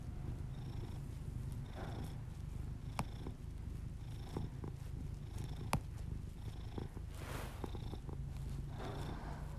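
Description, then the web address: Cat gives a steady low purr, with a few sharp clicks and slow breathing swells over it. Pet cat purring, recorded as ASMR together with the owner's heavy breathing. "Miss-Because Just Purrs [ASMR][Literally just my cat purring and my heavy breathing]"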